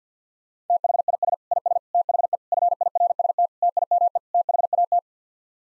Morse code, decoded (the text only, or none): THIS IS THE FIRST TIME THAT